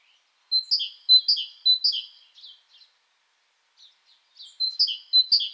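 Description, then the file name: Great tit giving three loud see-sawing two-note phrases, a few softer notes and a pause, then the same phrase starting again at the end. "Parus major"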